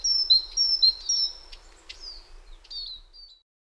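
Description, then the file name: Great tit song: three quick high-low note pairs, then sharper clicks and a few softer separate notes fading out. "Parus major"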